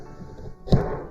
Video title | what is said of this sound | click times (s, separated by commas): Cremator Animatronic (Spirit Halloween Unboxing/Setup) | and then this just like locks into place | 0.7 s